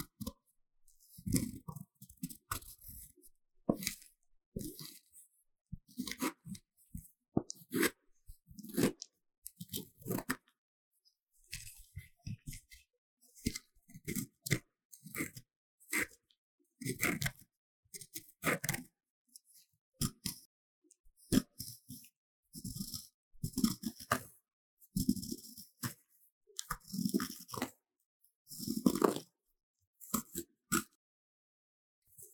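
A magnesium block is scraped in short, irregular strokes, each a gritty, crunchy burst covering lows and bright highs. Strokes come in clusters of one to three every second or so, with brief silences between, growing denser and louder after about twenty seconds.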